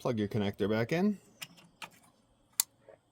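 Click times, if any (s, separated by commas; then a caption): 2.6 s. Someone talks, then a wiring harness connector is plugged by hand into the coolant reservoir sensor on a 2006–2010 VW Jetta, Golf or Rabbit after replacing the passenger-side engine mount. Faint handling taps at 1.4 s and 1.8 s lead to a loud, sharp click at 2.6 s as the connector clips into place and is seated.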